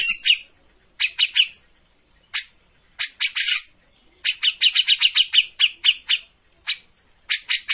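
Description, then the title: Grey-cheeked bulbul uttering scattered bursts of sharp chirps separated by short silences, with a denser fast run in the second half. Bird-training master recording of an actively singing (gacor) cucak jenggot. "Cucak Jenggot Gacor. Masteran burung cucak jenggot ! Suaka burung"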